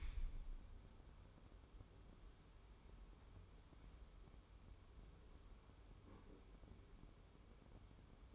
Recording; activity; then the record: daily activity, microphone in the room; wipe stove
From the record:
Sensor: 1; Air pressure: 1015.1 hPa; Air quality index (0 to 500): 56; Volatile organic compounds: 1 ppm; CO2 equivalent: 702 ppm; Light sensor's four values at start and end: 13/32/13/15 and 13/32/13/15